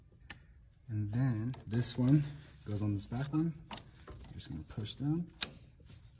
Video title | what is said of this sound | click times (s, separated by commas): Mazdaspeed HPFP Installation + OEM vs Autotech Identification! | that all the way down you're going to feel it kind of click push the yellow clip in | 0.3 s